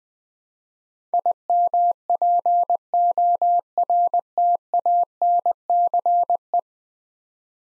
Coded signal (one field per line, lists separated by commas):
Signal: Morse code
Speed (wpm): 20 wpm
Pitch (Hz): 700 Hz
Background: none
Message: IMPORTANCE